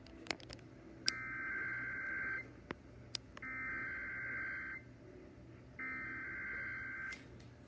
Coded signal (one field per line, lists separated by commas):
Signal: Emergency Alert System (SAME) tones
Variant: header bursts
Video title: I missed the other stations, BUT THIS IS SO CLEAR.. NYC Required Monthly Test on WCBS 880 (EAS #49)